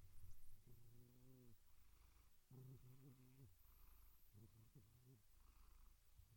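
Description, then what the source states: Domestic cat making two deep harmonic calls about a second long, followed by shorter broken ones, over a low rumbling purr. Gentle meows and purrs.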